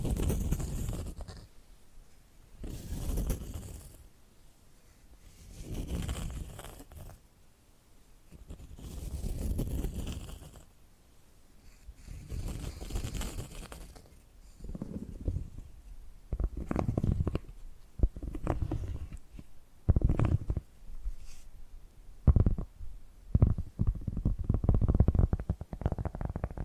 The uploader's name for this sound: Hypnotic Tapping and Scratching Sounds